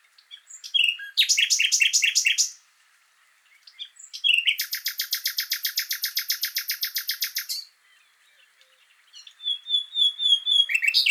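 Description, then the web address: Common nightingale singing: a quick run of repeated notes, a pause, then a long, even, rapid trill of about three seconds, and finally thin whistled notes. "SETE data Luscinia megarhynchos"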